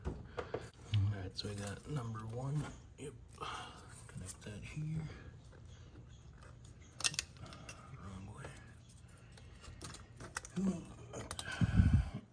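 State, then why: Not seated. A plastic connector on a DIY engine wiring harness, part of a Haltech ECU install on an S13 SR engine, is handled and lined up to be pushed onto its mating sensor or injector plug on the engine. Someone talks over short handling ticks and taps. The connector has not seated or clicked yet.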